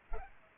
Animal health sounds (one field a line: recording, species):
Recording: mosquito wingbeat signal from an infrared sensor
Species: Culex pipiens